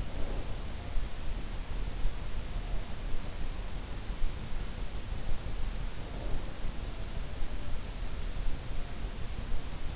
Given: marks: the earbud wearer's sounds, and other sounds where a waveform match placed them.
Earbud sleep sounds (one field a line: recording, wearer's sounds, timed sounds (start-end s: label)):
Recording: sounds in sleep by an in-ear microphone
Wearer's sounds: snoring breath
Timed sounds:
0.00-0.62 s: snoring breath
6.08-6.68 s: snoring breath